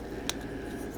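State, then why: Seated. The plastic fist on the arm of a Transformers Legacy United (Versus 4 Pack) robot action figure is folded out through a tight joint, against a steady low background hum. A single sharp, bright click at 0.3 s marks the fist seating firmly into place.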